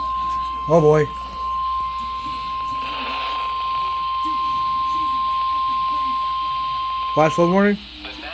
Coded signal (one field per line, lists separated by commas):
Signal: Emergency Alert System (SAME) tones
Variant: 1050 Hz attention tone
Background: speech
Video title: Mid-July fun. | EAS Alerts from 7/11-15/25 | EAS#2,462-2,500